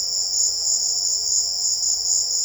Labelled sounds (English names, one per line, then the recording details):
none
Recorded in secondary vegetation near Puerto Asís, Putumayo, Colombia, on 12 March 2025 at 14:30
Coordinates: 0.488, -76.319
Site G095